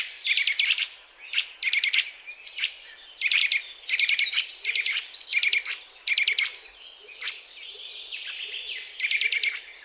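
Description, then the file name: Eurasian nuthatch calls: clipped, piping notes in rapid clusters, repeating steadily. "Sitta europaea"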